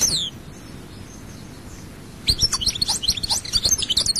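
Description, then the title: European goldfinch: a short slurred note opens, then quiet, followed by a lively run of high twittering chirps and trills. "Chant Chardonneret"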